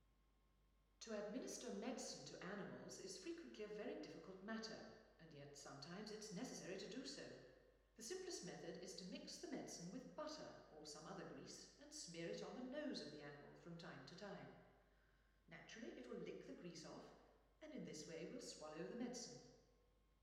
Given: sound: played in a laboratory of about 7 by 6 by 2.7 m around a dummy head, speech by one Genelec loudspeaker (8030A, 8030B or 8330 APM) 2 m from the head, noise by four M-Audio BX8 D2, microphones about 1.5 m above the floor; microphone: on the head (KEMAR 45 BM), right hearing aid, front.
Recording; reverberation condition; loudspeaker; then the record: female speech in English; high; 60 degrees to the right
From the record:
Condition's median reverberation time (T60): about 1300 ms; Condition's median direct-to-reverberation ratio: about -4.0 dB